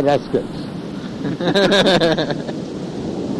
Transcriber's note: laughter